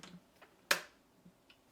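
The plastic hopper of a Kuvings Auto10 juicer, its arrow matched to the unlock symbol on the juicing bowl, is turned counterclockwise on the bowl. Faint ticks come at about 0.0 s and 1.5 s, and a sharp, bright click at 0.7 s marks the hopper seating into its lock position.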